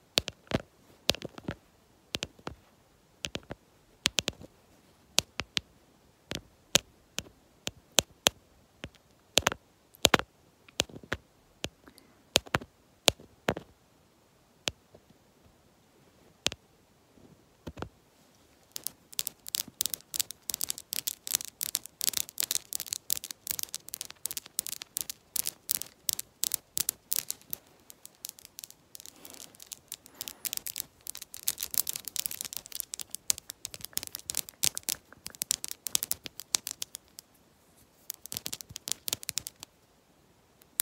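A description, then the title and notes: Long fingernails tap a lens in crisp, bright clicks, sparse and irregular for the first eighteen seconds, then becoming fast, dense rattling bursts. ASMR Fast Nail & Lens Tapping w Long Nails.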